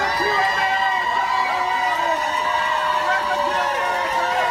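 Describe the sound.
A dense crowd in Dallas roars and shouts in welcome to some released immigrants, many overlapping voices cheering loudly and steadily for several seconds with high excited cries rising above the din.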